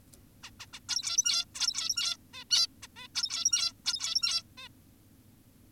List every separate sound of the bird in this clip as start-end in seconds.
0.43-0.51, 0.60-0.66, 0.73-0.80, 0.89-1.45, 1.55-2.17, 2.34-2.44, 2.51-2.67, 2.83-2.88, 2.96-3.08, 3.15-3.73, 3.86-4.43, 4.58-4.68